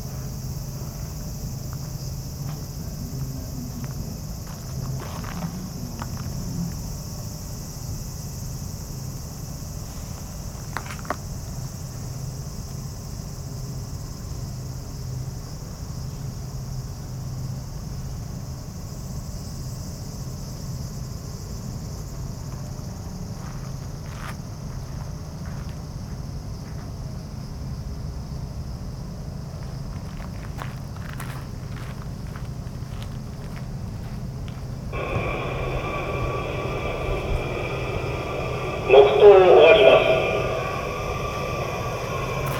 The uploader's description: Field-recorded at Yasukuni Shrine, Tokyo